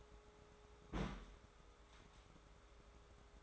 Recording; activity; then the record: daily activity, microphone in the room; place on stove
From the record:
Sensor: 3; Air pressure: 1010.3 hPa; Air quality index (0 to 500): 166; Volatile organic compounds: 9 ppm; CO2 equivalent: 2172 ppm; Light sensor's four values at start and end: 50/123/54/60 and 50/123/54/60